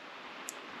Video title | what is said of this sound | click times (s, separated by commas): How To Fit A SUPER SEAL Waterproof Wire Connector - Easy Step-by-Step Assembly Guide! | there we go it's just clicked into place now and as that clicks into place it locks it all into place | 0.5 s